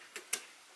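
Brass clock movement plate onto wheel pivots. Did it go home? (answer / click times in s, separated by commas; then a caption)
yes / 0.3 s. A brass clock movement plate on a 1914 Ingraham "Suwannee" clock is pushed into position onto the wheel pivots. A faint tick at 0.2 s comes before a sharper, brighter snap at 0.3 s as the pivots line up and the plate seats.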